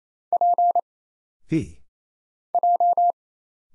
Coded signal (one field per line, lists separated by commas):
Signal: Morse code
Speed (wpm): 29 wpm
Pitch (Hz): 700 Hz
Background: none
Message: P J